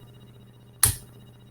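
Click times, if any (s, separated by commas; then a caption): 0.8 s. A plastic cap is pushed back onto a marker body until it clicks shut at 0.8 s, so the cap is closed all the way and the marker will not dry out. Against a quiet, steady background hum, a single sharp, bright click stands out, decaying in about a fifth of a second before the hum continues. The cap is fully seated.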